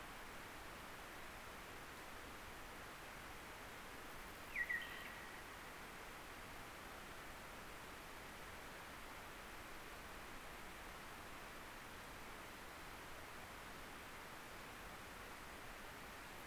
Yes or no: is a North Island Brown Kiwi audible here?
no